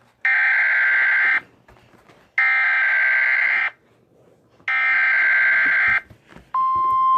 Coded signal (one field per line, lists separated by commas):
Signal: Emergency Alert System (SAME) tones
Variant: header bursts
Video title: Pre defended EAS Alerts Play Mock and make EAS alerts